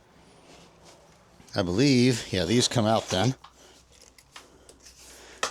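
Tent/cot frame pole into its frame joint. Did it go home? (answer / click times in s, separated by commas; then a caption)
yes / 5.4 s. A tent or cot frame pole is pushed home into its frame joint while setting up inside an old bus. Someone talks, then a few small clicks and rustles follow, ending in a loud sharp click at 5.4 s. The frame piece clicks into place and is seated.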